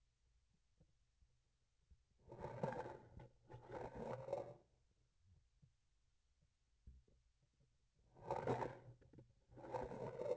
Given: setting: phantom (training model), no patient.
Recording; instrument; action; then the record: laparoscopic instrument, vibration sensor on the handle end; grasping forceps; approaching and retracting movements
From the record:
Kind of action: spatial motion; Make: other than Olympus